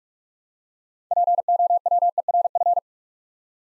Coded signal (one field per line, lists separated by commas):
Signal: Morse code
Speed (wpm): 44 wpm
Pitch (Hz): 700 Hz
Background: none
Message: POWERF